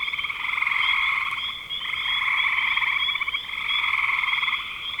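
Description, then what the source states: Chorus of frogs giving fast, rattling pulsed trills in long waves with short pauses between them. Frogs in spring 2025.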